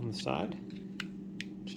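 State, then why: Seated. Someone talks while fitting the plastic battery cover back onto a projector remote control after loading two AAA batteries. Two sharp clicks are heard at 1.0 s and 1.4 s as the cover snaps into place on the side. The cover is seated.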